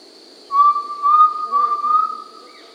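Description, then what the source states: Undulated tinamou call, a single clear, level whistle, slightly wavering, lasting about two seconds, with a constant insect hum behind. Recorded in South America.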